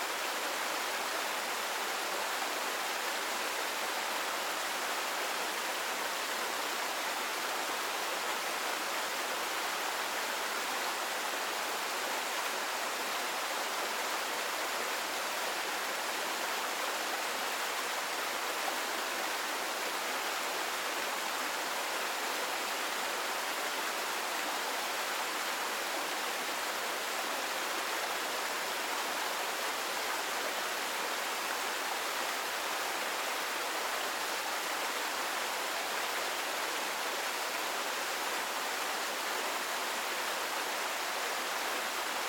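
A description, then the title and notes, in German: A waterfall roars in a steady, dense hiss of rushing water, bright and unchanging throughout, with almost no low rumble beneath. Klang eines WASSERFALLS. Die beruhigende Atmosphäre eines kleinen Wasserfalls. Das sanfte Rauschen des fließenden Wassers.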